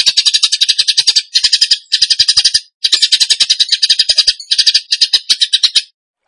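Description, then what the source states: Bird song: series of rasping, rapid high trills in separate bursts of up to about a second and a half with brief breaks, ending in silence. Masteran (training recording) of bird song in tembakan gacor style.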